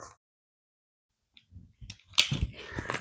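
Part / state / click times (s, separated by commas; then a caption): water hose quick-connect into cooling mattress pad / seated / 2.2 s. The straight end of a water hose is pushed onto the plastic connector of a Chilipad Dock Pro cooling mattress pad, with soft handling and rustling sounds before a sharp click at 2.2 s. The hose coupling seats, and the click shows the connection is secure so no water will leak.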